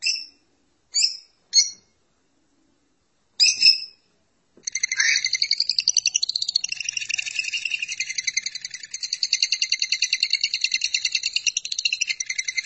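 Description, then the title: Lovebird starting with several short sharp chirps, then breaking into a long, fast chattering song of buzzy, squeaky pulsed notes for about eight seconds. "BM Suara Burung Lovebird"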